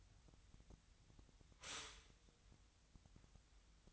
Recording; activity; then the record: daily activity, microphone in the room; stop toaster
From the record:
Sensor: 3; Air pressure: 1001.9 hPa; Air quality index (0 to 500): 245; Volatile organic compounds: 48 ppm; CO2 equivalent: 3270 ppm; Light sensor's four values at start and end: 14/41/18/15 and 14/41/18/15